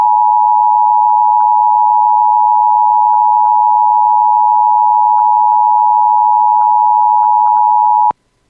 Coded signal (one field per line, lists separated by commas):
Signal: Emergency Alert System (SAME) tones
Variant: 853 and 960 Hz attention tone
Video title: [EAS] Severe Thunderstorm Warning for Fosston and Lengby (7/24/26)